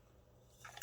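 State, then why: Seated. A BudK K430 neck knife blade is pushed into its molded sheath. Quiet low rumble gives way to brief scraping clicks as the blade slides in, ending in a sharp snap at 0.8 s as it locks into place.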